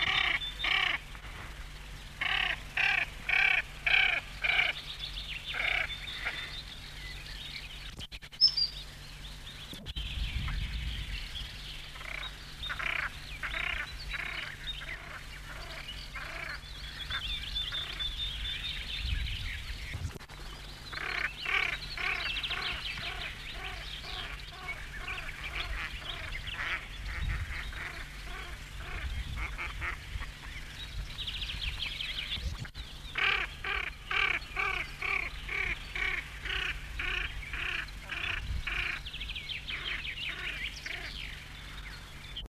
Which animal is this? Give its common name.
Common Pochard